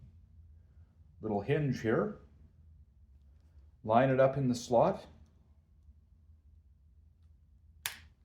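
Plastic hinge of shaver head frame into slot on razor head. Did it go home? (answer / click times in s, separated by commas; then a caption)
yes / 7.9 s. Someone talks while lining up the small plastic hinge of the rotary shaver head frame with its slot on the head of a Remington PR1385 electric razor during reassembly after cleaning. After a quiet pause, the hinge is pushed until it snaps into place with one sharp click at 7.9 s, and it is seated.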